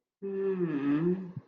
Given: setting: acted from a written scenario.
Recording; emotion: vocal sound without words; distress